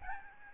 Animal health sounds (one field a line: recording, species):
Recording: mosquito wingbeat signal from an infrared sensor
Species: Aedes albopictus